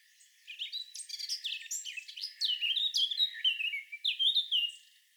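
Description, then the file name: Eurasian blackcap song, a rapid jumble of warbled, scratchy notes mixed with clearer whistled phrases, lasting about five seconds. "Sylvia atricapilla"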